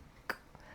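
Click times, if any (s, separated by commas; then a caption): 0.3 s. A small nail polish display stand with magnets on its bottom is dropped onto the magnetic holder on a nail desk lamp base and snaps into place with a sharp, bright click at 0.3 s, followed by a faint tick at 0.55 s. The stand seats firmly and stays standing without falling over.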